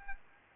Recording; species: mosquito wingbeat signal from an infrared sensor; Aedes aegypti